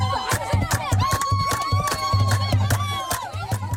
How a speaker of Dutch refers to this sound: Ja, ze dansen, zingen en klappen, hoort u in dit fragment. Het is feest en het is een scheidingsfeest. Dat zegt deze verslaggever over een groep vrouwen in het West-Afrikaanse Mauritanië.